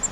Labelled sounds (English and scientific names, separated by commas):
Grace's Warbler (Setophaga graciae) flight call